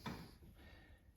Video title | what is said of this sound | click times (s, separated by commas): Mow-N-Vac spark plug & air filter replacement. | Get that nice little click. | 0.1 s